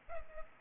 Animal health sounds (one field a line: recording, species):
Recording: mosquito wingbeat signal from an infrared sensor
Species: Culex pipiens